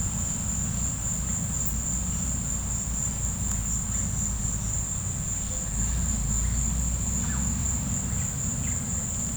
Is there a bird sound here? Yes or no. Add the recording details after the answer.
no. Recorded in pastures near Puerto Asís, Putumayo, Colombia, on 16 December 2024 at 15:00. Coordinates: 0.472, -76.329. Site G072